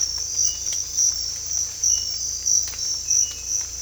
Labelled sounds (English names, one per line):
none